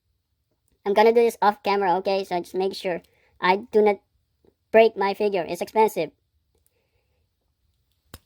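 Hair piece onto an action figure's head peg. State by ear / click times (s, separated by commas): seated / 8.1 s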